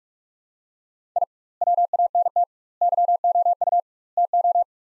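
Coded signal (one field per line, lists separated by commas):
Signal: Morse code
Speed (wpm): 42 wpm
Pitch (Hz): 700 Hz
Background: none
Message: I WANT YOU TO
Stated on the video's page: Morse practice: sets of four words at 45 wpm with 2x word-spacing, each set followed by spoken version; spacing method analogous to Farnsworth.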